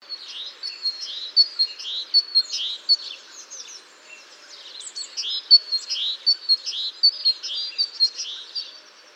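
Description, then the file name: Great tit calling with high, sharp notes and short downslurred chips repeated quickly, in two bursts with a brief lull between them. "Parus major"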